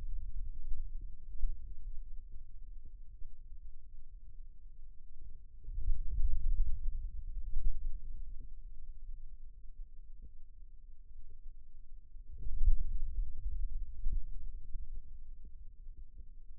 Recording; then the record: forearm muscle sounds (acoustic myography)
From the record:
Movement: pen grasping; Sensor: system 2, bracelet of six BSWA MPA416 microphones around the upper forearm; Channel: 2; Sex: male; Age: 22 years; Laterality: right